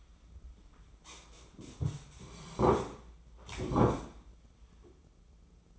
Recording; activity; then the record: daily activity, microphone in the room; sit down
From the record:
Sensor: 1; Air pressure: 996.0 hPa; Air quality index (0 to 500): 235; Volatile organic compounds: 1000 ppm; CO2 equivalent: 6836 ppm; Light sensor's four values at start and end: 33/80/35/41 and 34/84/36/43